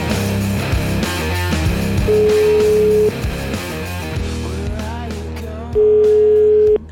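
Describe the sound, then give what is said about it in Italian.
A telephone ringback tone for an outgoing call to Switzerland from a Radio 24 studio: two steady, mid-pitched beeps, each about a second long and separated by a pause of a few seconds, sounding loudly over ongoing background music. “Caro David, io farei una telefonata in Svizzera, un'amica mia.”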